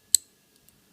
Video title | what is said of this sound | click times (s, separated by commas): N scale Kato BNSF SD40-2 repair | will just snap in | 0.1 s